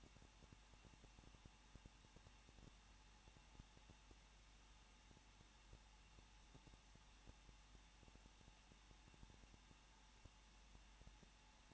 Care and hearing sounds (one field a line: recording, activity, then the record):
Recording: daily activity, microphone in the room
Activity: no activity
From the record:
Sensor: 1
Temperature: 20.1 degrees Celsius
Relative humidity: 39.1%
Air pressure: 1006.5 hPa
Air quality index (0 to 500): 216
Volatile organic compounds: 72 ppm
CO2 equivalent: 3540 ppm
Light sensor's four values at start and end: 1/2/1/1 and 1/2/1/1